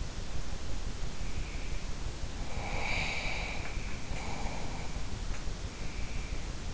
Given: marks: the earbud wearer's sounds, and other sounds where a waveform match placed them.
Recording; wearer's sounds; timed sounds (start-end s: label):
sounds in sleep by an in-ear microphone; breath
2.35-4.95 s: breath